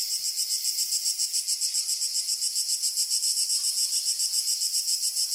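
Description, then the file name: Cricket call: a high, steady, pulsing trill that repeats evenly about four times per second throughout, with nothing else heard. "canary crickets"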